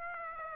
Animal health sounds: mosquito wingbeat signal from an infrared sensor; Aedes aegypti

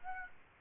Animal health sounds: mosquito wingbeat signal from an infrared sensor; Aedes aegypti

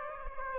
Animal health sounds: mosquito wingbeat signal from an infrared sensor; Aedes aegypti

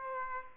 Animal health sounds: mosquito wingbeat signal from an infrared sensor; Aedes aegypti

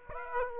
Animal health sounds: mosquito wingbeat signal from an infrared sensor; Aedes aegypti

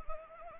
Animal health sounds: mosquito wingbeat signal from an infrared sensor; Anopheles arabiensis

